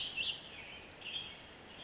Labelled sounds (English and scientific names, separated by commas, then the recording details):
Western Tanager (Piranga ludoviciana)
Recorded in Sonoma County, California